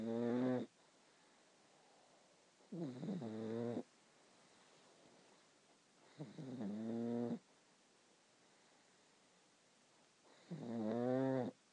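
Four tonal, honking snore sounds, each about a second long, recur every three to four seconds (roughly 16–18 a minute) with quiet in between. The sound is snoring from a pug, a short-nosed dog, with a musical, vibrating quality on each breath.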